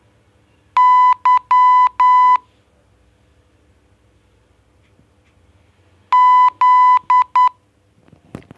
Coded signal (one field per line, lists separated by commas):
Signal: Morse code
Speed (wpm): 10 wpm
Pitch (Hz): 1000 Hz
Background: none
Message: Y Z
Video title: MORSE PRAMUKA